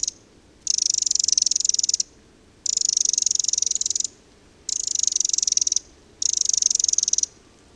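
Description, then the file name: Eurasian wren giving dry, ticking rattles, four high buzzy bursts each lasting over a second, separated by short pauses. "Eurasian Wren (Troglodytes troglodytes)"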